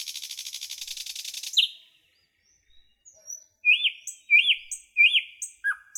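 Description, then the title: Nightingale song starting with a dense buzzy rattle, then a pause and several loud downslurred whistles repeated at a steady pace, with thin high notes. "A Beautiful Nightingale Song"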